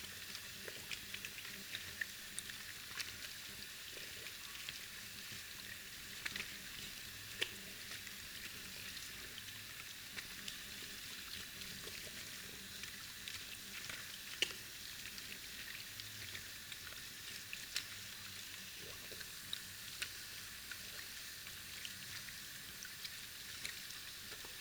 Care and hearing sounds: daily activity, guitar pickup as the sensor; wash hands

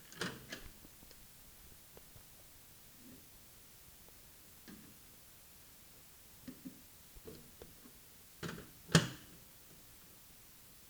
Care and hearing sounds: daily activity, guitar pickup as the sensor; use microwave

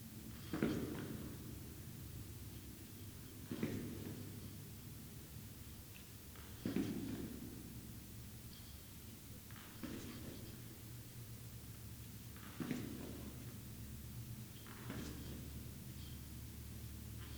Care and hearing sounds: daily activity, guitar pickup as the sensor; go downstairs

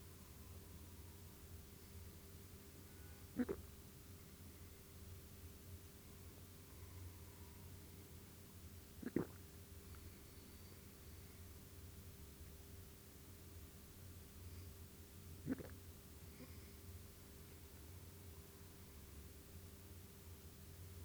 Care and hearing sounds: daily activity, guitar pickup as the sensor; drink water

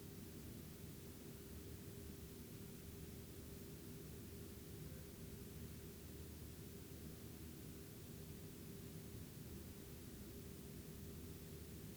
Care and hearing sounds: daily activity, guitar pickup as the sensor; lie down

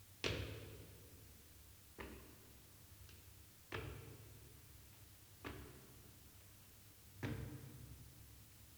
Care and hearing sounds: daily activity, guitar pickup as the sensor; go upstairs

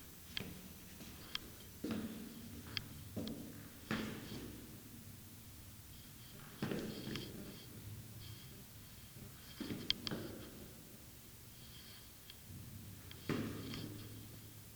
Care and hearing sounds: daily activity, guitar pickup as the sensor; go downstairs

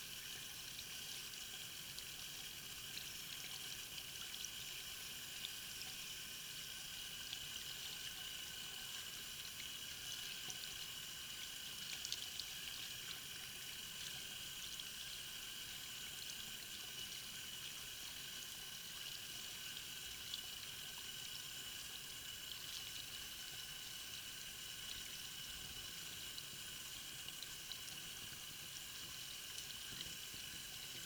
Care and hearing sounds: daily activity, guitar pickup as the sensor; wash hands

